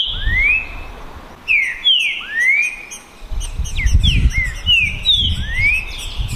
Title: TRINCA Piando, Cantando E Macheando Na DISPUTA. DISPUTA DE TRINCA FERRO NAVAL VS DEMOLIDOR 2022 TEMPORADA 2022